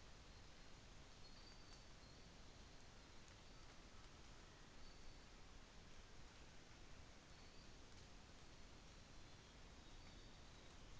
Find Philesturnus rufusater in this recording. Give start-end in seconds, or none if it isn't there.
none